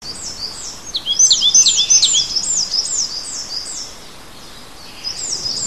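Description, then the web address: Bird song of high, thin chirps, each sliding downward, repeated rapidly in overlapping bursts, fading after four seconds and returning near the end. Native bird in a hedge in March. "oeko hecke vogel maerz vogel heimisch"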